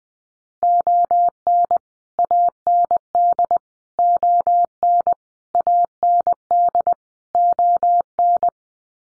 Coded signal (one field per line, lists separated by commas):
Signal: Morse code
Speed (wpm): 20 wpm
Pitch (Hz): 700 Hz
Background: none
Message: ON AND ON AND ON